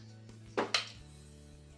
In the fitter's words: positive lock to them too i like that a lot of times you get these flip up sights and they're really flimsy and they don't lock into place